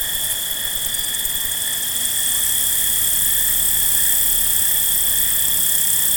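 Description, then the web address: Field cricket: a dense, even chorus of field crickets, high piercing tones sustained without any break across the whole stretch. Field crickets at night. "Dr Sound Effects. Field Crickets At Night"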